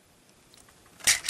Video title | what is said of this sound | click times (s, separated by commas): Generations Combiner Wars Leader ULTRA MAGNUS: EmGo's Transformers Reviews N' Stuff | you want to push it up until you hear it click right | 1.1 s